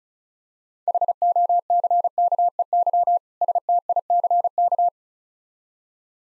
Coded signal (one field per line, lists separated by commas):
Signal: Morse code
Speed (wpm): 36 wpm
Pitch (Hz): 700 Hz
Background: none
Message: HOCKEY STICK